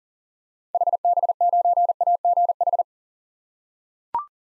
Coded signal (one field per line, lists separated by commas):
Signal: Morse code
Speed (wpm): 40 wpm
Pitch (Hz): 700 Hz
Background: none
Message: HB9AGH